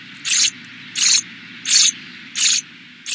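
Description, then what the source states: Chipping sparrow begging calls, high buzzy bursts repeated about every 0.7 seconds, five in a row, over a faint low hum. Young male; its begging calls already relate to its future song and soon mix into subsong.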